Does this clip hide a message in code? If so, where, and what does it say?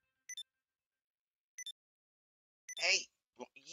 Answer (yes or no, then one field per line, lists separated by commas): no